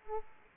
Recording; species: mosquito wingbeat signal from an infrared sensor; Aedes aegypti